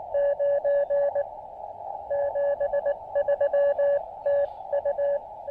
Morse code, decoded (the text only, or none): 9 73 TU